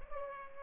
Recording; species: mosquito wingbeat signal from an infrared sensor; Culex pipiens